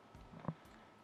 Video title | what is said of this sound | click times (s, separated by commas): Seiko SKX Restoration and Service 7S26 | then it just clicks into place | 0.5 s